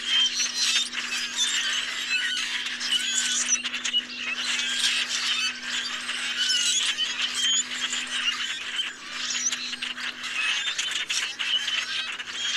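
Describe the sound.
Common grackles calling en masse, many overlapping harsh squeaks and rusty creaks filling the whole stretch, plus a faint steady low hum.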